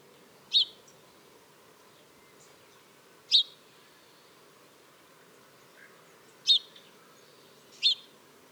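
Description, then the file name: House sparrow chirps, four short sharp notes spaced unevenly over several seconds against a low steady background hum. "Passer domesticus"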